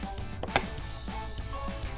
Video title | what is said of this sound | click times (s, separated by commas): How to Build Goofy Goggles at Home - KiwiCo | Press down on the frame piece until you hear a click. | 0.6 s